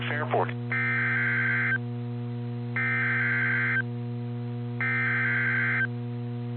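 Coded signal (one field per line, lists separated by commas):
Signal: Emergency Alert System (SAME) tones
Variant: header bursts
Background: speech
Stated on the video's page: Blizzard and snow squall warnings heard on NOAA Weather Radio.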